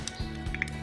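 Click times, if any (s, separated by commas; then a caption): none. A plastic tab on a transforming Transformers Galvatron robot figure (Pulsecon 2021 Behold Galvatron companion pack) is pushed toward its mating slot, giving small plastic knocks at about 0.1, 0.5 and 0.6 s over steady background music. The tab has not clipped into place yet, because a double-jointed hinge first has to be pushed forward.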